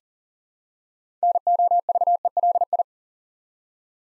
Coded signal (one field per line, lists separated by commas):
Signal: Morse code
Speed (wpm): 40 wpm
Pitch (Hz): 700 Hz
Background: none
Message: NOVELI